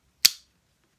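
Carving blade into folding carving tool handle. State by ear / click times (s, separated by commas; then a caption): seated / 0.3 s. A carving blade on a Flexcut Carvin Jack folding carving tool is opened out one at a time and snaps into its locked position in the handle. A single sharp, bright click lands at 0.3 s and decays within about 0.15 seconds, followed by near silence with only a very faint sound around 0.8 s. The blade is seated, strong and locked in.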